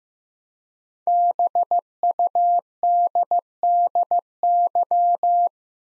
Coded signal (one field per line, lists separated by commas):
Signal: Morse code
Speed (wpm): 15 wpm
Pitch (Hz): 700 Hz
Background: none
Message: BUDDY